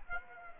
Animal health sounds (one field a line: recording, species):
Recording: mosquito wingbeat signal from an infrared sensor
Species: Aedes aegypti